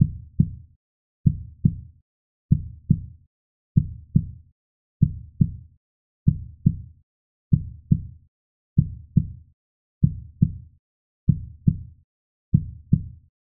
Medical Heart Beat Normal.